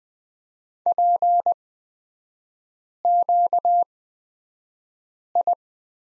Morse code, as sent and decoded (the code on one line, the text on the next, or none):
.--. --.- ..
PQI